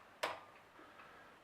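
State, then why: Seated. The arrow's nock holder in a fletching jig is rotated to the next fletching position and clicks into its detent at 0.2 s. The sharp, bright click fades within a fraction of a second, followed by faint quieter sounds. The holder is seated at the next position.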